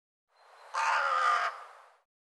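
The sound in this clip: Bird producing a single rough, hoarse caw.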